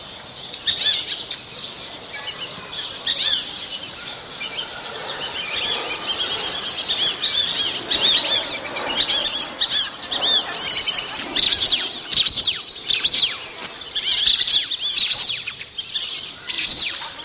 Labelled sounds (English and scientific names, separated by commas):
Lesser Whistling Duck (Dendrocygna javanica) call